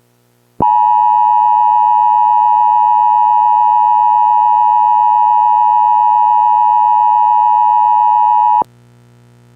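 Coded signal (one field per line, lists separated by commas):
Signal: Emergency Alert System (SAME) tones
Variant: 853 and 960 Hz attention tone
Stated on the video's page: Fictional EAS scenario with SAME tones about World War III, with sudden extremely loud noises.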